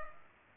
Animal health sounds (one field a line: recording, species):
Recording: mosquito wingbeat signal from an infrared sensor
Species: Culex pipiens